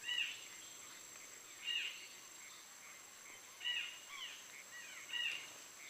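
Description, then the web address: Speckled spinetail giving short, high chipping calls in small clusters every one to two seconds over a steady background hiss. "Speckled spinetail. صدای-پرنده-دمخاری-خالدار"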